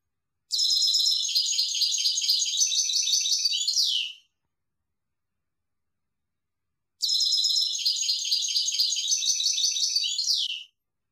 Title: Chant Chardonneret